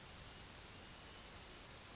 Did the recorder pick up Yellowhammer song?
no